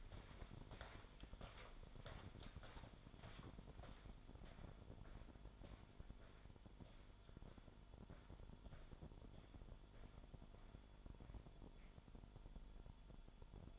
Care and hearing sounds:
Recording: daily activity, microphone in the room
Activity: walk to room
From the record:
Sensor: 5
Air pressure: 1008.3 hPa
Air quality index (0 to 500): 126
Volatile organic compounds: 1 ppm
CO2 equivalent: 971 ppm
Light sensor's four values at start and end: 52/91/47/54 and 38/89/36/36

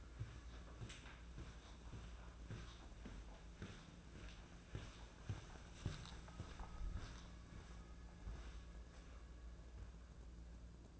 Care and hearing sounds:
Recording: daily activity, microphone in the room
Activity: walk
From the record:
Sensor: 2

